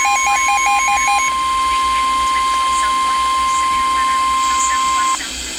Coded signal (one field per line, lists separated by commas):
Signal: Emergency Alert System (SAME) tones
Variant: 1050 Hz attention tone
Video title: SVR (EAS#373)